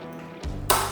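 A 2023 Honda CRF150L's helmet strap lock on the motorcycle frame is opened with the ignition key to release a helmet strap that was just locked. A soft knock at 0.4 s is followed by a sharp, loud click at 0.7 s as the lock releases. The strap is released.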